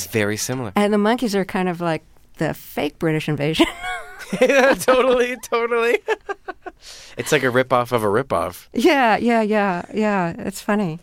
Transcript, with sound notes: It is very similar.
And The Monkees are kind of like the fake British Invasion.
(LAUGHTER) Totally, totally. It's like a rip-off of a rip-off.
Yeah, yeah, yeah, yeah, it's funny.